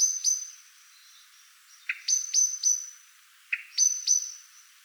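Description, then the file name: Eurasian blackbird calling with clipped, ringing chinks in quick pairs and triplets, some bursts opened by a lower note. "Turdus merula"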